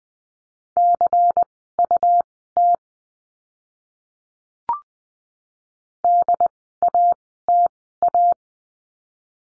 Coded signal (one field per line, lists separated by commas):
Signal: Morse code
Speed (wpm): 20 wpm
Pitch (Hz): 700 Hz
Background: none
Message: CUT DATA